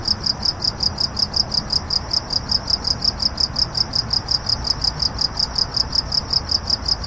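Crickets give fast, regular high chirps, continuing without pause above a soft low hum.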